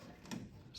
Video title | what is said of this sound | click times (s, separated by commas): Sinistar Arcade restoration part 1 taking apart the cabinet and stripping the blue paint off | snaps in and it sort of holds the cards in place. | 0.3 s